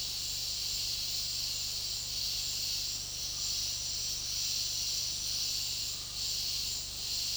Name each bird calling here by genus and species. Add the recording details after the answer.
none. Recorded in dense forest near Puerto Asís, Putumayo, Colombia, on 20 February 2024 at 10:00. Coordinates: 0.485, -76.325. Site G6429